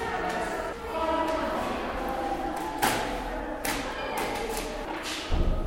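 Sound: door being shut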